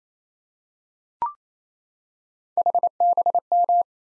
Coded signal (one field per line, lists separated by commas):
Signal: Morse code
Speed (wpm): 29 wpm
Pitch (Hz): 700 Hz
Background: none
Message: HBM